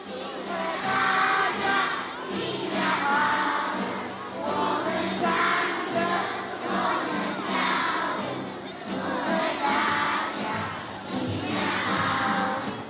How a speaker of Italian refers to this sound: Quelli che sentite sono i tamburi che accompagnano la danza dei leoni, una danza propiziatoria che si svolge ogni anno durante il Capodanno cinese. Travestiti da leoni, gli acrobati eseguono uno spettacolo di danza meraviglioso.